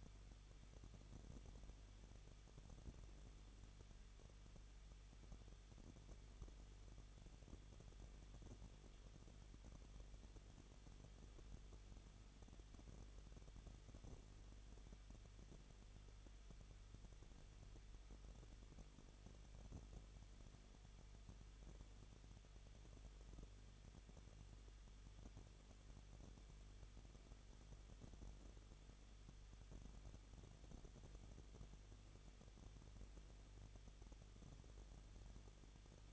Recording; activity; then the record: daily activity, microphone in the room; no activity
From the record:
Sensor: 4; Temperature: 23.0 degrees Celsius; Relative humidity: 34.4%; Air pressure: 1007.2 hPa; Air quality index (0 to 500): 217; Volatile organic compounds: 15 ppm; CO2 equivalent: 2513 ppm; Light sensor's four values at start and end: 2/3/1/1 and 2/3/1/1